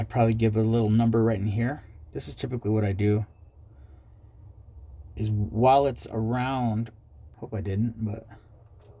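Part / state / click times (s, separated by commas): metal safety clasp onto ball catch of necklace / not seated / none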